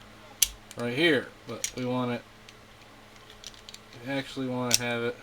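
A metal bolt component is moved into an alternate lock position in the bolt body of a Savage Edge/Axis rifle during reassembly, giving a loud, sharp metallic click at 0.4 s as it seats. Someone talks before and after the click. The part locks in place, but this is a second detent position rather than the one it is meant to go in.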